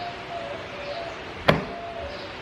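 The other side of a plastic trim piece on a Jeep is pushed home, driving its plastic clip into the vehicle panel hole. Under a low, steady background, one sharp snap is heard at 1.5 s as the clip seats. The second-side clip is confirmed snapped in and seated.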